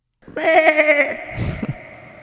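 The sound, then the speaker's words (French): A single wavering, nasal bleat like a goat or sheep, lasting about a second with a quavering tremble, trailing off into a brief rough, breathy rustle as the animal puts its mouth in the grass and pulls up grass. “Puis là, tu entends la chèvre ou le mouton qui place sa gueule dans l'herbe et qui ramasse de l'herbe.”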